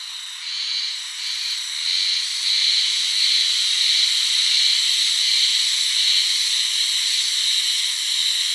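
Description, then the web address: Spring cicada song, a steady high buzzing drone that pulses slightly at first, then holds a continuous hissing tone throughout. 1 May 2015. "birdenaga haruzemi 150501"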